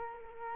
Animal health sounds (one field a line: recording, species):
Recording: mosquito wingbeat signal from an infrared sensor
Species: Culex quinquefasciatus